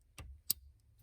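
On an F150 steering column being reassembled, the first wiring connector at the bottom is pushed back into the multi-function switch area. A softer contact sound comes at 0.2 seconds, then a sharp, loud click at 0.5 seconds as the connector seats.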